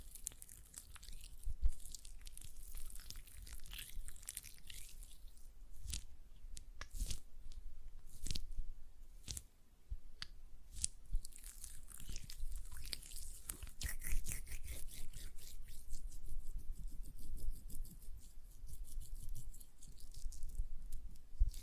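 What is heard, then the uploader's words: Hands working gel lotion produce wet, squelchy smacks and sticky crackles with a steady, busy rhythm. Sharp slaps punctuate the rubbing every second or so, most strongly around 2 to 10 seconds, with a low hum underneath throughout. ASMR Gel Lotion Hand Sounds (No Talking).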